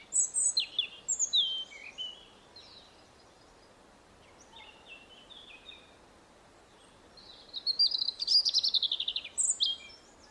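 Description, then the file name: European robin song: a burst of thin, high, tumbling warbled phrases, softer phrases in the middle, then a louder rapid twittering phrase near the end over soft background hiss. "Erithacus rubecula"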